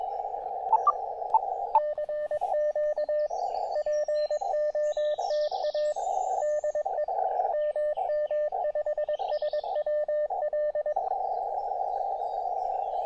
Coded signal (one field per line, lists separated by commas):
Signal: Morse code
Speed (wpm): 21 wpm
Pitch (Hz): 600 Hz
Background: radio noise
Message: CQ POTA DE MM5SWL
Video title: A Tiny Operating Spot on the River Tweed Estuary – 5W QRP POTA!